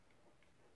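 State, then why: Not seated. A plastic Tek Lok belt clip for a holster or knife sheath is handled as its clamp is closed around a belt and its latch is brought down. Only a steady, quiet rustle with faint ticking texture is heard, with no sharp sounds. Nothing has seated or clicked yet.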